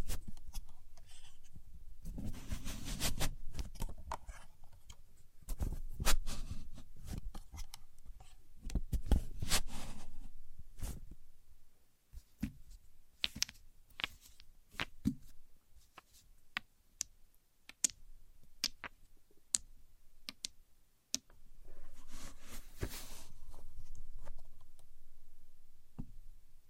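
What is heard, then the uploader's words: A contour gauge being pressed and handled, its pins clicking and rattling in short dense bursts. The busiest stretch runs through the first eleven seconds; after that come sparser sharp clicks and taps, with a louder rustling flurry around 22 to 24 seconds. Using A Contour Gauge (No Talking).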